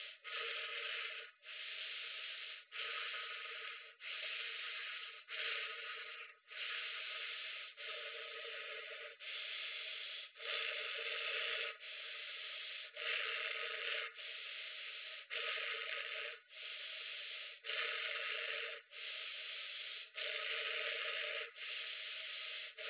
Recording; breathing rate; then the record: paced breathing near a phone; 24 breaths a minute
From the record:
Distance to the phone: 20 cm